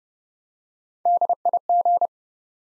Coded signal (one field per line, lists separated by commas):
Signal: Morse code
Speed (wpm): 30 wpm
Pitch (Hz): 700 Hz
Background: none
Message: DIG